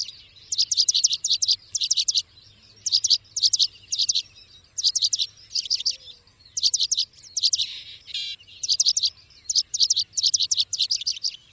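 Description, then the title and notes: Bird song: rapid runs of piercing high chirps delivered in repeated clusters, with one brief raspy phrase. Bird ringtone, described as having a melodious voice. "Burung Dengan Suara Merdu"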